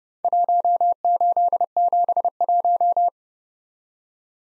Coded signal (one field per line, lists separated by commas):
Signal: Morse code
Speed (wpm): 29 wpm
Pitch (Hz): 700 Hz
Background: none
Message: 1871